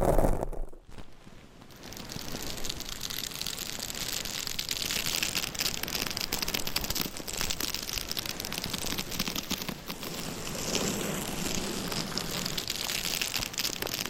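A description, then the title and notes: Long nails scratch across a microphone in a dense, continuous rasp, close and bright with a crackly texture. After a brief quiet gap near the start, the scratching runs steadily to the end, swelling slightly with a fuller, lower rub around the eleventh second. ASMR Binaural Mic Scratching - Brain Scratching No Talking for Sleep with Long Nails.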